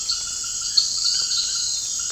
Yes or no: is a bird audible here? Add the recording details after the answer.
no. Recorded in pastures near Puerto Asís, Putumayo, Colombia, on 30 June 2025 at 18:30. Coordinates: 0.466, -76.322. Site GP07